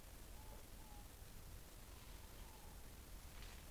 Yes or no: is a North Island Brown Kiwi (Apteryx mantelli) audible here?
no